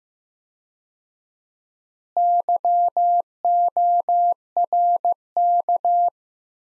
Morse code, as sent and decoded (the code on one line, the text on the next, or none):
-.-- --- .-. -.-
YORK